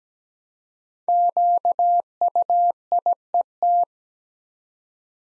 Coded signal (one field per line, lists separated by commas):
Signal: Morse code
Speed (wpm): 17 wpm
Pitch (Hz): 700 Hz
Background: none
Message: QUIET